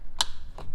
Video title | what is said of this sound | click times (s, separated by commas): HOW TO - REMOVE THE A-PILLAR COVER ON MB C-CLASS W203 | there it is that's the first click now um | 0.2 s